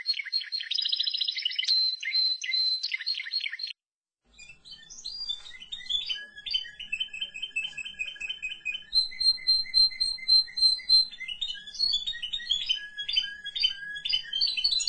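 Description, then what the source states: Canary singing a dense trilled roll, then a short silence followed by scattered chirps, rattling rolls and clear whistled notes. Timbrado breed.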